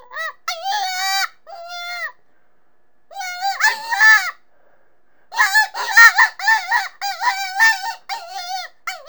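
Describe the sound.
Rabbit scream: piercing, quavering cries in groups separated by silent gaps, growing harsher and more rapid toward the end.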